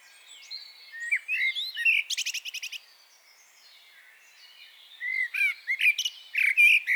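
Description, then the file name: Common blackbird song: low fluty warbled phrases followed by high, squeaky twittering bursts, with a quiet pause between two song phrases. "Turdus merula"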